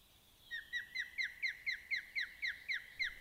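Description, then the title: Osprey giving a steady run of about eleven piercing, downslurred whistles, roughly four per second, with quiet background hiss. "Sääksi"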